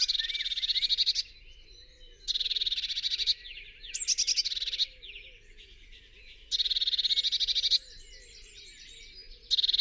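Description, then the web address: Eurasian blue tit churring: dry, rattling bursts of rapid notes, several in all, separated by quieter gaps with soft twittering. "SETE Cyanistes caeruleus"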